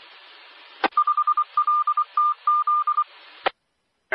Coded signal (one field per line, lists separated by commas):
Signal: Morse code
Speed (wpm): 24 wpm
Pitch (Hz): 1200 Hz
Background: radio noise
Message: 5LTZ